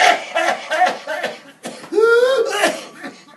Pertussis is also known as whooping cough. It's that gasping for breath between coughs that gives it the whooping cough name.